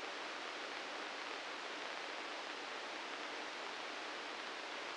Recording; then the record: brain microelectrode recording played as sound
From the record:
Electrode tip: inside the subthalamic nucleus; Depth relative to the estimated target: 1 mm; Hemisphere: right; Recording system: NeuroSet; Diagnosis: Parkinson's disease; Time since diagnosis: 9 years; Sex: male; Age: 61 years